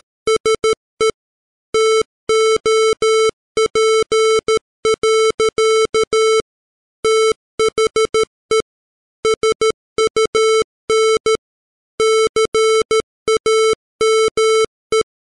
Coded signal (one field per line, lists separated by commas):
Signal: Morse code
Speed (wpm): 13 wpm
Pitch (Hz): 440 Hz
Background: music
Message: SE TOP. THE SUN CAME